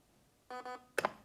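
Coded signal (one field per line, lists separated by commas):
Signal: beep code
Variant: Novritsch SSR77 ETU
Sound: two short buzzy beeps in quick succession, then a couple of mechanical clicks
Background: clicks, small room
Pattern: 2 short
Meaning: Selects the option for what happens when the trigger is pulled fully back (full auto stage)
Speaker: now we need two beeps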